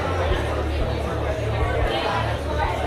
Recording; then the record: background sound without coughing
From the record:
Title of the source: CITY SOUNDS Busy Bar in the Evening Night - 2 HOURS of Ambiance for Relaxation